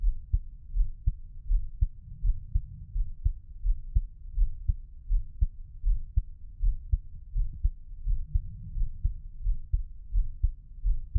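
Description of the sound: Deep, soft thumps repeat steadily at about 80 beats a minute over a low, muffled hum, with no talking. It is an adult's heartbeat picked up close to the body by a black 3Dio binaural microphone, for ASMR.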